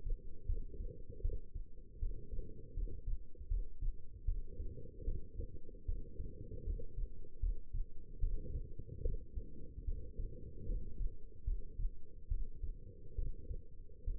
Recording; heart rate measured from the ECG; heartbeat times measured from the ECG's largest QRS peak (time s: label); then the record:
heart sounds by stethoscope; 75 bpm
0.46 s: heartbeat
1.21 s: heartbeat
1.99 s: heartbeat
2.74 s: heartbeat
3.48 s: heartbeat
4.25 s: heartbeat
5.05 s: heartbeat
5.85 s: heartbeat
6.64 s: heartbeat
7.40 s: heartbeat
8.20 s: heartbeat
9.02 s: heartbeat
9.85 s: heartbeat
10.66 s: heartbeat
11.44 s: heartbeat
12.28 s: heartbeat
13.15 s: heartbeat
14.04 s: heartbeat
From the record:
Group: healthy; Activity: rest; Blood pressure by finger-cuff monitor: 152/94 mmHg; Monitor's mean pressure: 111 mmHg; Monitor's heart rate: 76 bpm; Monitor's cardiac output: 6.4 L/min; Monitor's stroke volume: 83 mL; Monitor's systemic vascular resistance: 1270 dyn s/cm5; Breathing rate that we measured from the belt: 15 breaths a minute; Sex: female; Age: 22 years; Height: 171 cm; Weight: 65.6 kg